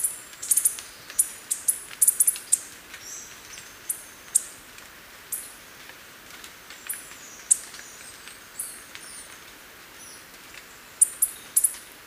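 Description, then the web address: Yellow-throated Bush Tanager giving very high, sharp chip notes in irregular bursts, some closely doubled, over a faint hiss of background noise. Ecuador. "Birds of Ecuador Yellow-throated Bush-Tanager"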